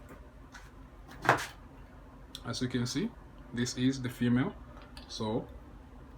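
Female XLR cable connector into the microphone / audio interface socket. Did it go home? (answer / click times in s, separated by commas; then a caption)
no / none. A female XLR cable connector is handled near the microphone or audio-interface socket it plugs into while someone talks. Brief handling noises are heard, and nothing has seated or clicked yet.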